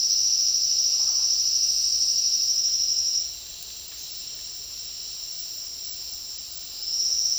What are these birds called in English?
none